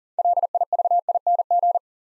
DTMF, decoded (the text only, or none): none